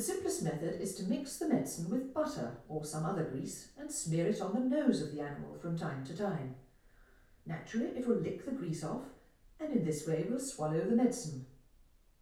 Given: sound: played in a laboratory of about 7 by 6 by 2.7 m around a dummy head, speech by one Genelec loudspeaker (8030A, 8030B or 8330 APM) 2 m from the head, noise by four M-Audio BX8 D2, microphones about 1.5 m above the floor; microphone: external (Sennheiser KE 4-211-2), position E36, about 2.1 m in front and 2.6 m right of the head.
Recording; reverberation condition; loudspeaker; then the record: female speech in English; medium; 150 degrees to the right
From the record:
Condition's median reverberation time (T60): about 510 ms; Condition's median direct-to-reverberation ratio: about -0.5 dB